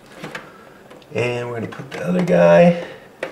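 A second plastic cable connector is being handled and lined up with its socket while someone talks, with a few faint taps near 0.4 s and 3.2 s. Nothing has seated or clicked yet; the connector is still not home when the clip ends.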